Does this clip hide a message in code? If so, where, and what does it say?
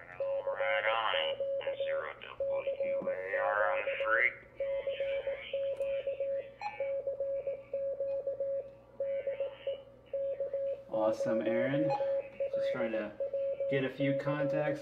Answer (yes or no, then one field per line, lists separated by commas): yes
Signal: Morse code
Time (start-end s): 0.2-14.7 s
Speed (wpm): 19 wpm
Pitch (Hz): 550 Hz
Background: speech, radio noise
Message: CQ CQ CQ CQ DE K0LWC